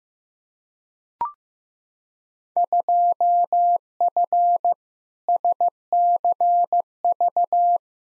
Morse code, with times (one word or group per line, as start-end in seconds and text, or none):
2.6-4.7 2F
5.3-7.8 SCV